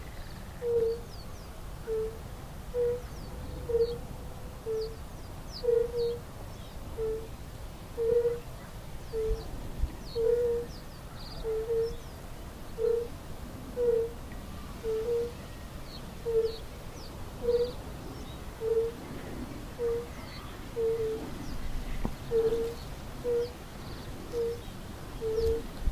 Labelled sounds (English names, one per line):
Fire-Bellied Toad call